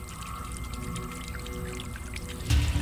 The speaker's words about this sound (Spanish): se inclinó sobre la fuente. El agua le borboteaba en la boca, le entraba en ella y volvía a salir, insípida.